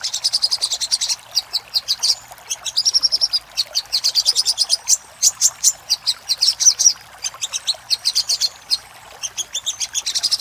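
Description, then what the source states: Little spiderhunter song of quick, high, metallic chip notes in varied bursts, some rolling into short trills, with only short breaks. Master recording for training cage birds, Labaik style.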